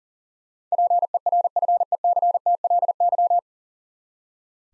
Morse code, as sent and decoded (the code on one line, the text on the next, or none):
.--. . .-. ..-. . -.-. - .-.. -.--
PERFECTLY